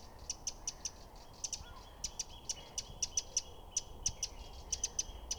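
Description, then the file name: Eurasian wren ticking calls, sharp dry clicks given singly and in quick pairs at an uneven pace throughout, over a low background hum. "Troglodytes troglodytes"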